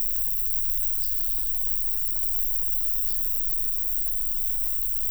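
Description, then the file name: Roesel's bush-cricket, a sustained high buzz, joined by two brief bird chirps over a low rumble. 24 July 2016 at Buchhorst around 10:20, sunny and dry, about 30 °C, wind force 2 Beaufort. "160724 roebushcrick 1020 h 30 C W 40 2 BFT SUN DRY buchhorst"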